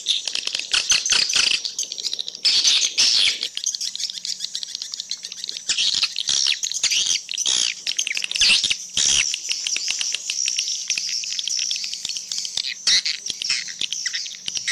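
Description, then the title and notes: Swiftlets chirping in dense high twittering, broken by sharp clicks throughout, with a faint low hum underneath. Swiftlet sound used in swiftlet farming in Asia. "Swiflet Bird Sound. Farming Swiflet Bird asia sound"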